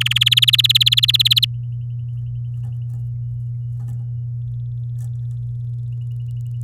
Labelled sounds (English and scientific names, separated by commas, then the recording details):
Domestic Canary (Serinus canaria) song
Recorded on 11 May 2018 at 08:09
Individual llb16